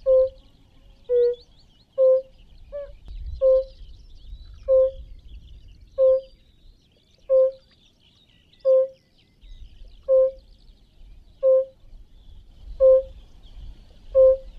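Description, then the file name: European fire-bellied toad calling: about thirteen soft, bell-like hoots spaced a little over a second apart, with faint bird chirps in the background. "Rotbauchunke"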